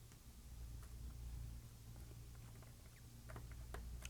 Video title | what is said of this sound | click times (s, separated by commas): iPhone 4 (CDMA) Reassembly Part 2 | just get it on top pops right in | 4.0 s